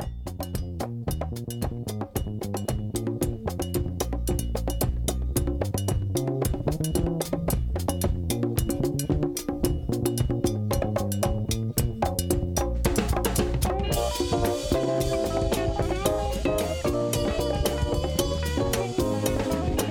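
An instrumental track plays on its own, with steady percussive hits, a bass line and keyboard chords in a groove, growing brighter and fuller about two-thirds of the way through. No one speaks.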